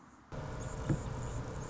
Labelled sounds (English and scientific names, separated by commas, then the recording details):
Anna's Hummingbird (Calypte anna)
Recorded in Sonoma County, California